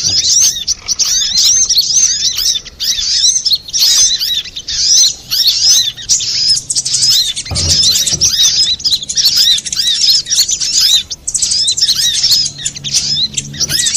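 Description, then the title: Little spiderhunter song, dense high-pitched chattering of rapid arched chirps and twittering notes, nearly continuous, with a brief low thump midway. Master recording for training cage birds. "Masteran Burung Sogok Ontong Labaik"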